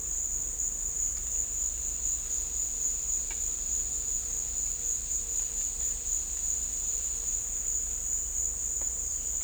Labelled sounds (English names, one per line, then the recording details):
none
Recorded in dense forest near Puerto Asís, Putumayo, Colombia, on 21 December 2024 at 16:00
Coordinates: 0.486, -76.317
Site G003